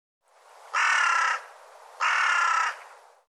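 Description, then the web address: Bird, harsh caws: two flat, raspy calls, each just over half a second long, spaced just over a second apart. "cianscape birddata"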